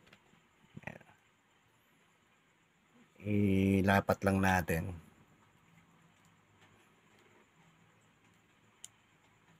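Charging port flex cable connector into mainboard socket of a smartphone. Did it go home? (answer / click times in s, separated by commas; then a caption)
yes / 8.8 s. Someone talks briefly while the charging-port flex cable connector of a Samsung A20s smartphone, being replaced because the phone is not charging and will not turn on, is laid onto its board-to-board socket on the mainboard and pressed down. A single sharp click at 8.8 s marks the connector seating in the socket.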